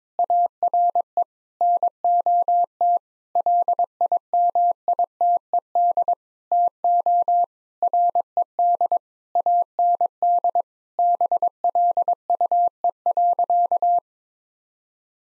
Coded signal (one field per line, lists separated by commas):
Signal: Morse code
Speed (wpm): 22 wpm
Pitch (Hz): 700 Hz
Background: none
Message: ARE NOT LIMITED TO RED AND BLUE.